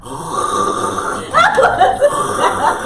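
After about a second of room noise come rough, throaty snorting bursts: an adult man imitating the snoring of his female partner while she was asleep.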